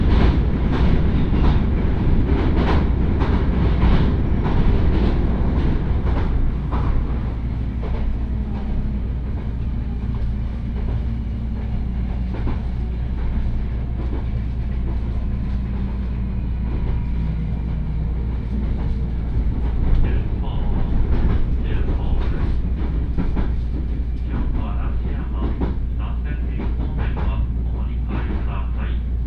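A train ride on the line toward Osaka Airport, heard as a steady, dense rumble heavy in the low end. Fast clicking and rattling from the wheels runs throughout, with a faint hum rising and falling around the middle and a hint of voices underneath.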